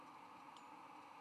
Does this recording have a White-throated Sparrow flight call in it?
no